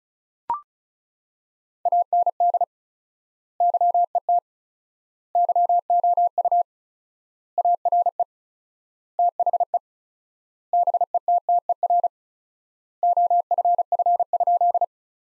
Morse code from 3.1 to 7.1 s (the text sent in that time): YET YOU